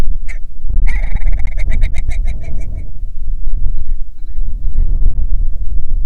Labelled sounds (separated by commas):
grouse or ptarmigan, wind